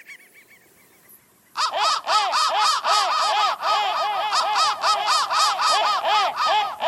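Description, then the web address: Crow calls: after a quiet second and a half, a rapid run of harsh, arched cawing notes repeats several times a second until the end. "soundfactory crow"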